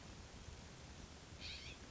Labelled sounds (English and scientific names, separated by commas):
California Scrub-Jay (Aphelocoma californica)